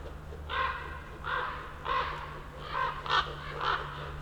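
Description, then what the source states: Common raven croaks, six hoarse calls in quick succession, with a low constant hum in the background. Several ravens circling for over ten minutes above a mountain slope, recorded from among young beeches on Patnik mountain side, Goworów, Poland, on a New Year's walk; Zoom F4, AT BP4025.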